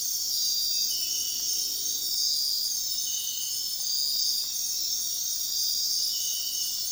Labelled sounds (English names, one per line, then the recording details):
none
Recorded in dense forest near Puerto Asís, Putumayo, Colombia, on 21 February 2024 at 04:00
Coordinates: 0.466, -76.327
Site G6413